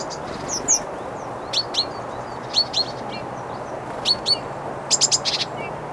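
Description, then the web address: Great tit calling with crisp downward-sweeping chinks in pairs and short bursts, a faster rattling cluster near the end, against soft background noise. "SETE data Parus major"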